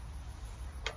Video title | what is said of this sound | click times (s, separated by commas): A KAUFMAN DUMP TRAILER FOR THE WOOD YARD - #30 | crank it up and when you're done you pull the handle and it pops right up so that's nice | 0.9 s